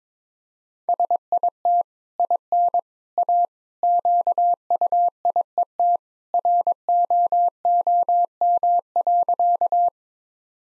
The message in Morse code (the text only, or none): SIT IN A QUIET ROOM.